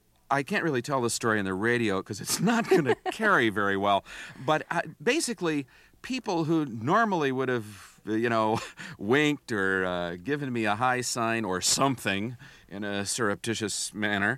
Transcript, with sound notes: I can't really tell this story on the radio because it's not going to carry very well.
(Laughter).
But basically, people who normally would have, you know, winked or given me a high sign or something in a surreptitious manner...